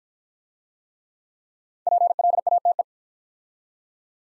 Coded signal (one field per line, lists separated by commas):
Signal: Morse code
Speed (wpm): 51 wpm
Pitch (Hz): 700 Hz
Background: none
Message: PLATE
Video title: Easy Words - Speed-Racing with Hints - 40wpm